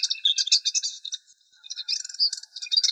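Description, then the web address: Subalpine warbler giving a fast, scratchy chatter of high buzzy notes, a burst, a brief pause near the middle, then another rapid twittering phrase. "Sylvia cantillans"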